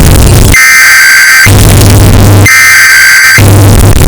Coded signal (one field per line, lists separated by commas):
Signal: Emergency Alert System (SAME) tones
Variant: header bursts